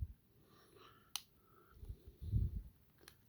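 A second plastic ankle peg is pressed into the leg/foot piece of a Blokees Transformers toy figure and seats with a sharp click at 1.2 s. Low handling rustle follows, with a fainter click at 3.1 s. The peg is confirmed in place.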